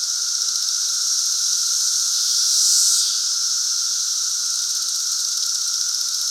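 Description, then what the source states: Periodical cicadas in chorus, a steady, dense high buzzing drone that swells briefly in the middle, with a fainter steady tone beneath. Great Southern Brood.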